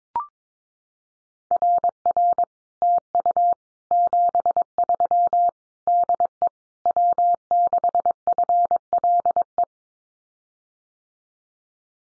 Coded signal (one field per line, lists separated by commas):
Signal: Morse code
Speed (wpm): 22 wpm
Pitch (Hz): 700 Hz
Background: none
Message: RR TU 73 DE W6FLE